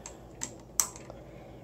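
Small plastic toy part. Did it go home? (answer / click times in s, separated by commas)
yes / 0.8 s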